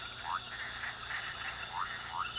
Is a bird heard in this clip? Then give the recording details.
no. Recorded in pastures near Puerto Asís, Putumayo, Colombia, on 20 February 2024 at 23:00. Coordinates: 0.466, -76.323. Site G6384